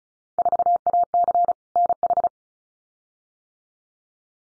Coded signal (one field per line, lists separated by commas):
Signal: Morse code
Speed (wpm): 36 wpm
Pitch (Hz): 700 Hz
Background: none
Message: 4AC NH